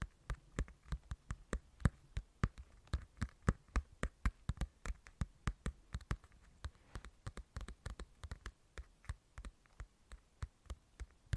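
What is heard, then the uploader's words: Crisp tapping runs through the whole clip in quick, uneven bursts, several taps a second with brief pauses between clusters. Each tap is a sharp click with a soft low thump underneath, over a quiet steady hum. ASMR INTENSE TAPPING.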